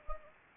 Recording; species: mosquito wingbeat signal from an infrared sensor; Anopheles gambiae